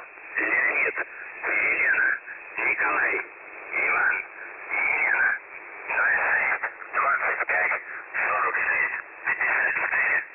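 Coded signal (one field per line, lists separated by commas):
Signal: numbers station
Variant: UVB-76, Russian voice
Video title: The Buzzer/UVB-76 Voice Message (December 4, 2020 10:12 UTC)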